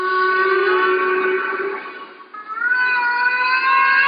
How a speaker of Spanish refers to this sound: Estaba anonadado. ¿Dices que es una ballena jorobada? Y él contestó sí.